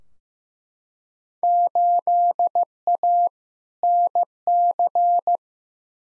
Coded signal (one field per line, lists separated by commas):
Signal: Morse code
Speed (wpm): 15 wpm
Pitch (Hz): 700 Hz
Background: none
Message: 8A NC